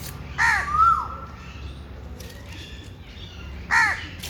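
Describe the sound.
Bird gives a rasping caw that slides into a long level whistle, followed after a pause by another harsh caw; quiet background noise between.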